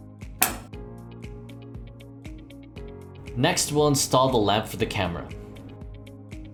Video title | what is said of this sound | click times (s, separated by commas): PNDS Assembly Tutorial | install the opposite end of the cable onto the matching port on the back of the AFM again listening for the click | 0.4 s